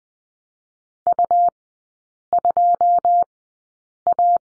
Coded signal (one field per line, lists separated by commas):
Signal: Morse code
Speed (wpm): 20 wpm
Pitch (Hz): 700 Hz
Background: none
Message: U2A